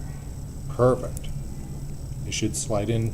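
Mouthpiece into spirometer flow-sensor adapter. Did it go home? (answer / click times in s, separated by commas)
no / none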